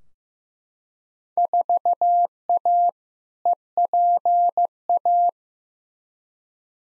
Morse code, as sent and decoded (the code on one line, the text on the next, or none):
....- .- / . .--. .-
4A EPA